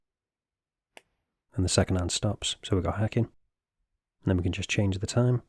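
A mechanical watch's screw-down crown is pulled out of its stem detent in the case to the second, time-setting position, giving a single faint click at 1.0 s. Someone then talks as the second hand stops (hacking), showing the crown has released into time-setting.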